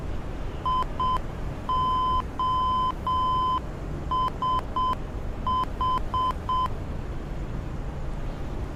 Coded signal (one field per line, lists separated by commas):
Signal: Morse code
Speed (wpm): 7 wpm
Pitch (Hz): 1020 Hz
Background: none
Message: IOSH